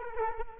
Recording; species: mosquito wingbeat signal from an infrared sensor; Culex quinquefasciatus